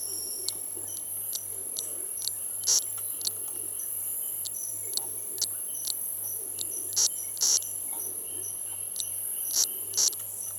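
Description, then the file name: Brown Bubble-nest Frog: chaperina fusca giving brief high notes at irregular intervals, a few louder pips standing out against a constant shrill insect chorus and scattered clicks. Recorded at Mulu Base. "Bio Acoustica 09-Chaperina fusca - Mulu Base"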